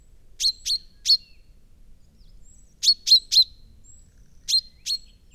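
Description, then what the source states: Common chaffinch calling with short, clipped metallic notes grouped in threes and twos, bursts separated by pauses of one to two seconds. Recorded at Immenstaedter Horn on 9 March 2014.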